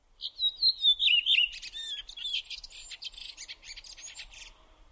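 Bird singing a sweet whistled phrase that falls in pitch, then breaks into rapid scratchy twitters and trills.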